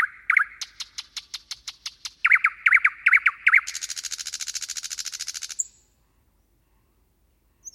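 Bird song: sharp, repeated chirped notes that speed into a fast, buzzy trill, then stop abruptly, leaving silence.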